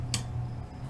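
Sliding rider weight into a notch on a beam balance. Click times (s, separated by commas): 0.1 s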